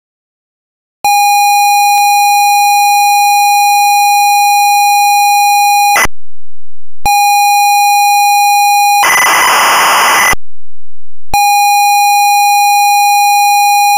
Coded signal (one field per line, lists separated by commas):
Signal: ZX Spectrum tape loading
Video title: The Great Escape (1984) - Sinclair ZX Spectrum (Full Tape Rip / Cassette Load)